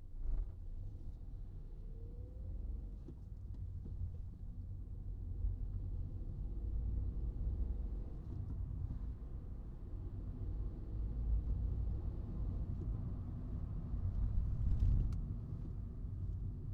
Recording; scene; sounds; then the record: everyday scene through a hearing-aid microphone; in a vehicle; engine, traffic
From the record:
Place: Skoda Fabia, gasoline engine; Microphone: in the ear canal, right